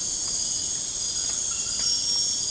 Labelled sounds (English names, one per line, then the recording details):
none
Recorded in pastures near Puerto Asís, Putumayo, Colombia, on 30 June 2025 at 23:30
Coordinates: 0.496, -76.326
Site GP01